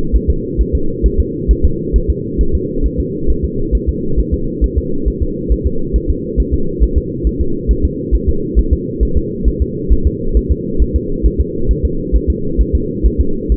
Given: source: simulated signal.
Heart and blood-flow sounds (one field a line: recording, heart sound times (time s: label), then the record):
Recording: fetal heart sounds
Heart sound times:
0.16 s: S1
0.30 s: S2
0.61 s: S1
0.75 s: S2
1.06 s: S1
1.20 s: S2
1.51 s: S1
1.65 s: S2
1.96 s: S1
2.10 s: S2
2.41 s: S1
2.55 s: S2
2.86 s: S1
3.00 s: S2
3.30 s: S1
3.45 s: S2
3.75 s: S1
3.89 s: S2
4.19 s: S1
4.34 s: S2
4.64 s: S1
4.78 s: S2
5.08 s: S1
5.23 s: S2
5.52 s: S1
5.67 s: S2
5.96 s: S1
6.10 s: S2
6.40 s: S1
6.54 s: S2
6.83 s: S1
6.98 s: S2
7.27 s: S1
7.41 s: S2
7.71 s: S1
7.85 s: S2
8.15 s: S1
8.29 s: S2
8.59 s: S1
8.73 s: S2
9.03 s: S1
9.17 s: S2
9.48 s: S1
9.62 s: S2
9.92 s: S1
10.07 s: S2
10.37 s: S1
10.52 s: S2
10.82 s: S1
10.96 s: S2
11.26 s: S1
11.41 s: S2
11.71 s: S1
11.85 s: S2
12.16 s: S1
12.30 s: S2
12.61 s: S1
12.75 s: S2
13.06 s: S1
13.21 s: S2
13.52 s: S1
From the record:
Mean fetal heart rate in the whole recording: 135 bpm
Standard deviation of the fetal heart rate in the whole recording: 3 bpm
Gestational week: 34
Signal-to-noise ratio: -8.1 dB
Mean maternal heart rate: 72 bpm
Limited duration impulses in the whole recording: absent